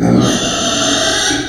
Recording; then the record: squeal of a Yucatan mini pig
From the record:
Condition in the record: before surgery on the right vocal fold (resection and tissue-engineered implant); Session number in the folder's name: 3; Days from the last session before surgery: 0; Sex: female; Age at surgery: 19 weeks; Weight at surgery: 25 kg